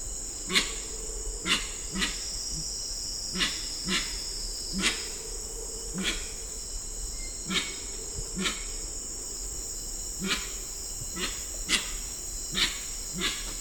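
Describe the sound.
Grey-winged trumpeter producing repeated coarse, explosive bursts with low grunts beneath, at uneven intervals throughout, accompanied by steady high insect buzzing.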